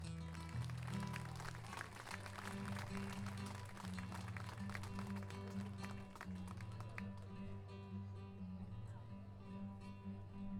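An audience at the 2015 International Meeting of Payadores in San José de Maipo claps in a dense, crackling burst over sustained instrumental music; the applause thins out after several seconds while the steady tones carry on.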